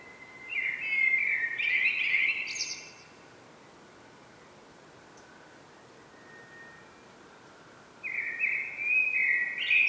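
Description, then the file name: Common blackbird singing a rich, fluty warbling phrase that ends in a high squeaky twitter, then silence before the next phrase begins; faint steady background noise. "Turdus merula"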